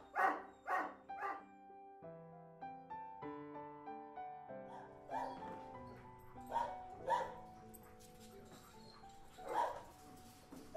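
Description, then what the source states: A few sharp dog barks open, then after a quieter stretch isolated barks return later. Recorded inside a dog boarding house.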